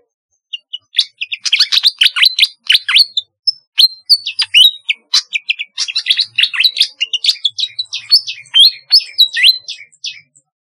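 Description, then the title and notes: Flycatcher song, a continuous rapid stream of sharp, high chirps and short whistled slurs with brief pauses between busy phrases. "Kicau Burung Sikatan"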